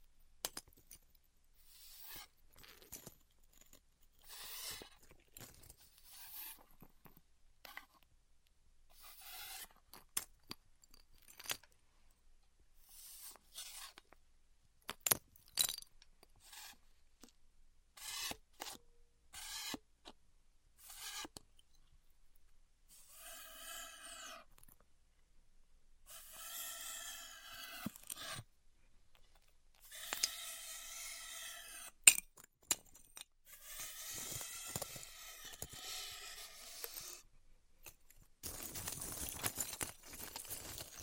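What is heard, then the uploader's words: Styrofoam being heat-cut in short, bright squeaky rasps and rubs, sparse at first, then longer, denser squeals after about 24 seconds. ASMR Styrofoam Heat Cutting (No Talking).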